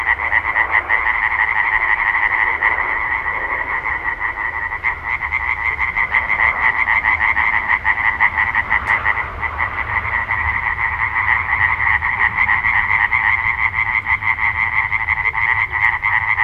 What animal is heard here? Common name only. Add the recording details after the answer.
Common Tree Frog. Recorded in the wild. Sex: male. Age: adult. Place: Parsteiner See, Barnim, Brandenburg, DE. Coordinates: 52.955, 13.9547. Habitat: reed. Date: 2006-05-23 22:53. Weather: klare Nacht, 10°C, schwacher Wind. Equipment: Marantz PMD 660, Sennheiser MKH 70, Windkorb. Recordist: Frommolt, Karl-Heinz. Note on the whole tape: Feuchtgebiet westlich der Bahnstrecke ca. 600 m südlich Rosinthal (nicht Krugsee): Chor. Entfernung ca. 10 m